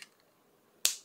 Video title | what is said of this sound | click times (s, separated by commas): Hero 1219 fountain pen | push and pull type cap it's actually quite satisfying click | 0.8 s